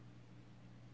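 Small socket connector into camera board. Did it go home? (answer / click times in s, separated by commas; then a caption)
no / none. A small socket connector is lined up and handled over the camera board inside the plastic case, about to be pressed home. Only a steady low hum and soft broadband noise are heard, with no sharp sounds. Nothing has seated or clicked yet.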